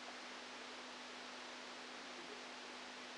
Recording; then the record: brain microelectrode recording played as sound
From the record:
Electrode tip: outside the subthalamic nucleus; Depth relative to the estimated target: -6 mm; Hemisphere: left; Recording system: NeuroSet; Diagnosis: Parkinson's disease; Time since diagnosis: 13 years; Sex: male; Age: 49 years